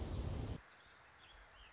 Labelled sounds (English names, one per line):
Warbling Vireo